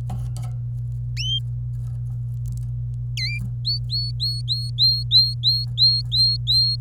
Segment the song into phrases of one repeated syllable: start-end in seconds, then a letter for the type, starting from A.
3.17-3.38 A, 3.65-6.76 B